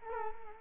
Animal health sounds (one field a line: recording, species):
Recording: mosquito wingbeat signal from an infrared sensor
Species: Culex quinquefasciatus